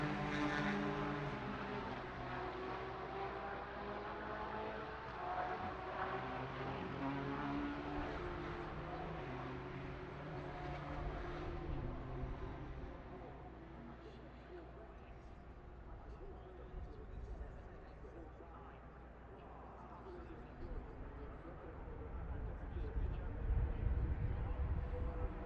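Racing ambience: a steady roar of engines with wavering tones that rise and fall, layered over a continuous murmur like voices. Sound is dense and fairly even for the first half, eases slightly mid-clip, then a heavy low rumble swells near the end.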